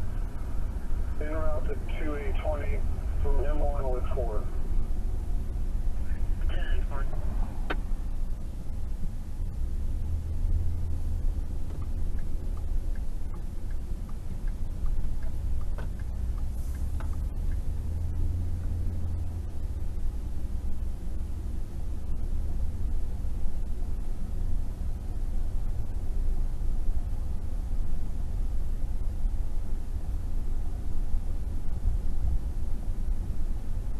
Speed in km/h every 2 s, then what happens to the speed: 35, 35, 31, 23, 21, 23, 23, 18, 26, 29, 32, 34, 35, 35, 35, 35, 35.
3-8 slows to 21. 8-15 steady at about 21. 15-23 speeds up to 35. 23-34 steady at about 35.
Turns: 3-8.